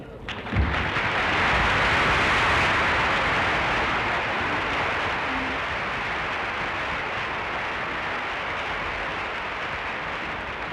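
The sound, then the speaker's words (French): A theatre audience applauds loudly as the curtain falls at the end of Marivaux's play Les Fausses Confidences, a dense, steady wash of clapping that starts abruptly, holds for about ten seconds and eases only slightly toward the end, with no voices standing out. “Un joli moment d'art applaudi à tout rompre par les spectateurs.”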